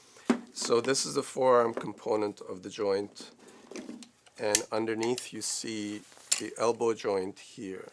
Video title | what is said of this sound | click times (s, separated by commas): JAECO WREX - Setup, Adjustment and Fitting | slots like a lock in place so | 0.3 s